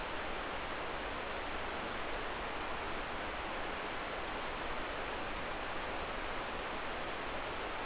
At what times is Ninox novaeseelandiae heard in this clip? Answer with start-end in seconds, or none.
none